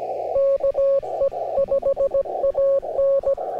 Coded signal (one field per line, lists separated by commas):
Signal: Morse code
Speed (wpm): 17 wpm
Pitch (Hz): 550 Hz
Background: radio noise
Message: KE5AN